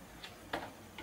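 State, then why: Seated. A CPU power cable connector is pushed into its socket on a desktop motherboard, worked in through a crowd of wires. Faint ticks come at about 0.2 s and 1.0 s, and a sharp, louder click at 0.5 s marks the connector seating firmly in place.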